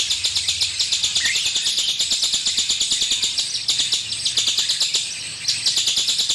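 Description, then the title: Streaked spiderhunter delivering a rapid series of sharp, high-pitched chips in an even rhythm, with a short slide note near the start. Long, clear, actively singing Streaked spiderhunter, used as a tutor recording for training birds. "Pijantung Gunung Gacor Jernih Panjang"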